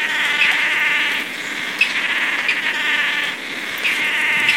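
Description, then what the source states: Swallow-tailed manakin display calls: a long nasal buzzing chorus that breaks off briefly a couple of times, then resumes. During the dance display; recorded at PESM; 4-5-13.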